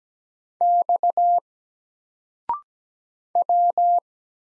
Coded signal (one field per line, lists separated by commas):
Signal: Morse code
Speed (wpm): 17 wpm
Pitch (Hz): 700 Hz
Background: none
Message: X W